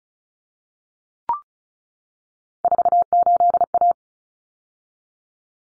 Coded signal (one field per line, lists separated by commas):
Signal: Morse code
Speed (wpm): 34 wpm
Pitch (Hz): 700 Hz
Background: none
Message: 48A